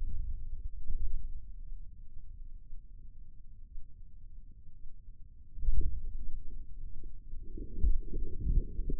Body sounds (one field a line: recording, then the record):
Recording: forearm muscle sounds (acoustic myography)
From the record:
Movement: wrist flexion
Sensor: system 2, bracelet of six BSWA MPA416 microphones around the upper forearm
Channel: 3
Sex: male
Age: 22 years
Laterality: right